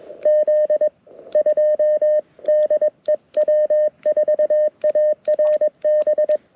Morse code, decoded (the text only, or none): Z 2 DE W4ARB